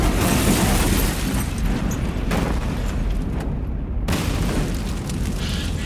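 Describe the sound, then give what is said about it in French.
A deep, loud bomb blast in Malta roars and rumbles for several seconds, with fresh bursts of crackling noise swelling up twice as the low boom rolls on, leaving a car in flames and a huge column of smoke. No voices are heard. “Mais 3 minutes plus tard, une explosion retentit. Une bombe.”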